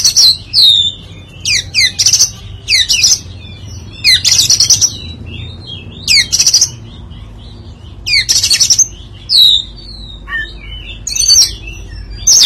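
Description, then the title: Oriental magpie-robin singing repeated bursts of sharp, downslurred whistles and buzzy chatter with short gaps between, over a low hum throughout. "Kacer"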